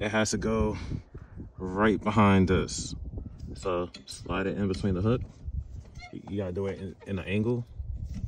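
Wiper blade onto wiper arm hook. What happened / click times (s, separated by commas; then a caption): Part being fitted, not yet seated; no click heard / none. A new windshield wiper blade is slid at an angle between the hook of the wiper arm while someone talks. The blade has not clicked or seated onto the hook yet.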